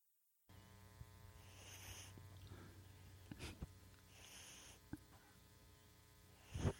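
Soft, raspy breaths recur about every two to three seconds over a low hum: a sleeping pug snoring.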